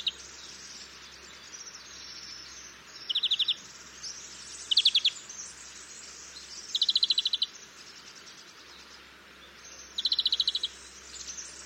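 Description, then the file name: European greenfinch giving several short rattling trills, spaced apart, over steady background hiss and a low hum. "Chloris chloris"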